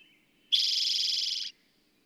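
Bird giving one loud, fast rattling trill lasting about a second, preceded by a faint thin whistle.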